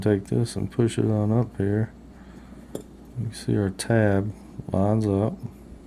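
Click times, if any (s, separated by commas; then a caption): none. A plastic tab on a part for Dominator Meathook handlebars on a 2014 Ultra Classic is pushed up on the handlebar assembly until it lines up with its handlebar mounting slot, while someone talks. Nothing has seated or clicked yet.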